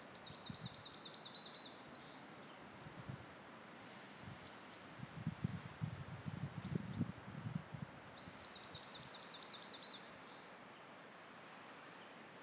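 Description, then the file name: Eurasian wren giving rapid, high-pitched trilled phrases with sharp notes, one burst near the start and another about eight seconds later, over low rumbling background noise. "Troglodytes troglodytes"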